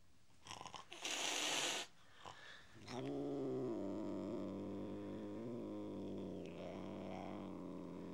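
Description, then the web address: Cat giving a short harsh hiss-like burst, then a long, low, wavering moaning howl that lasts several seconds. "BBC Sound Effects Library BBC 06-Animals and Birds 06 Mog Cat Howling"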